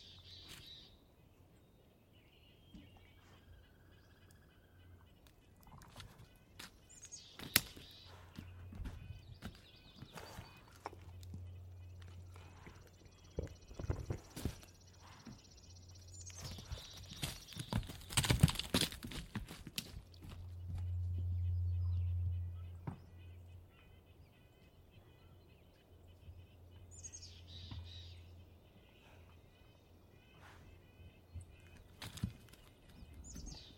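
Birds call and chirp over a low, steady hum that swells around the middle and again near twenty seconds. Sharp clicks and knocks come irregularly, with a dense cluster around fifteen to nineteen seconds, while bright whistles and trills break in now and then.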